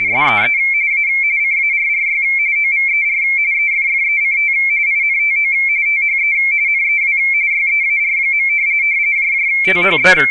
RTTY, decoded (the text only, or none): SEE A CARRY OVER EFFECT INTO THE NEW YEAR. THE